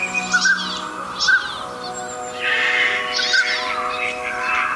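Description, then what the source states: Northern pintail calls: a few short whistles followed by a longer, harsh wheezing stretch, with a low steady hum beneath. Recorded in the suburbs of Tokyo, Japan.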